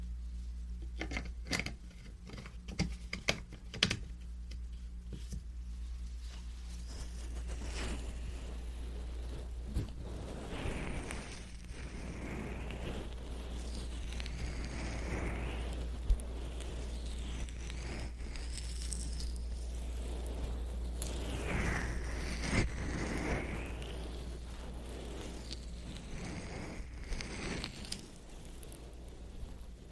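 Ear cleaning with a wooden ear pick: a few sharp clicks in the first four seconds, then continuous scratchy rubbing and brushing that swells and fades in slow waves. A steady low hum runs underneath throughout, with occasional brief taps.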